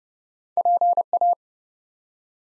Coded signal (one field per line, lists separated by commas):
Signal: Morse code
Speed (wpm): 30 wpm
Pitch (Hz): 700 Hz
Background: none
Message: PA